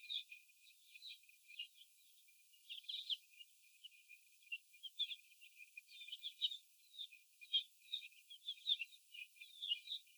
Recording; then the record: young laying hens in a cage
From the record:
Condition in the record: after the stressor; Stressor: sudden umbrella opening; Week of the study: 2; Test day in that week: 1